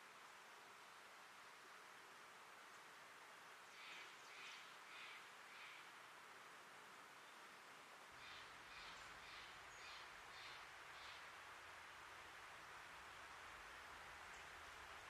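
In Portland's Ancient Forest Preserve, a steady hiss of wind or water carries two bursts of bird calls, at about four and nine seconds.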